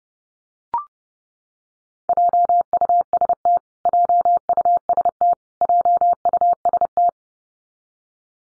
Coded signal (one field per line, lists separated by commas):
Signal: Morse code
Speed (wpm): 30 wpm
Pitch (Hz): 700 Hz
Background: none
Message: JUST JUST JUST